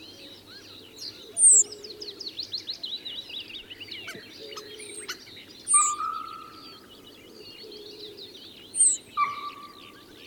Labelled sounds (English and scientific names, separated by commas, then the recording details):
Eurasian Penduline Tit (Remiz pendulinus) call
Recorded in the wild
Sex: male
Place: Lewitzrand, Insel Rügen, Mecklenburg-Vorpommern, DE
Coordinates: 53.456, 11.699
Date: 1977-05-22
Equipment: Nagra III BH, Sennheiser MD 21, parabola
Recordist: Schubert, Michael